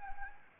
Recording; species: mosquito wingbeat signal from an infrared sensor; Anopheles arabiensis